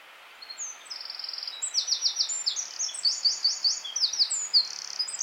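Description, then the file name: Eurasian wren singing a loud, sustained torrent of high, metallic trills and rattles, with quick repeated notes and rolling phrases. "Troglodytes troglodytes"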